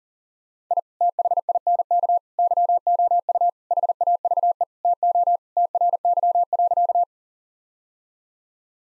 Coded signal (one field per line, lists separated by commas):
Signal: Morse code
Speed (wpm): 40 wpm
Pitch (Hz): 700 Hz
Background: none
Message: I THINK YOU HAVE TO TRY.